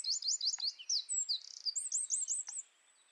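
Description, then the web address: Bird song with rapid high chirps and trills, a buzzy middle section, then a run of about six quick descending notes before quieting. "Deverinetal 2025 File origin Bird Only"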